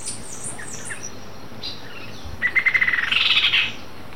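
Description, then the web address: Rufous-winged antwren song, a rapid run of bright chattering notes that climbs slightly over about a second. Recorded in Ecuador. "Birds of Ecuador. Rufous-winged Antwren"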